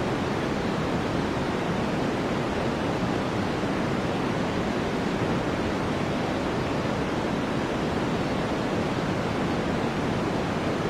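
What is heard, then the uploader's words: A steady wash of white noise runs unchanged for the whole stretch, dense and even with no events or pauses. It sits fairly full in the low and middle range, sounding constant, somewhat like a rushing waterfall. White Noise For Sleep.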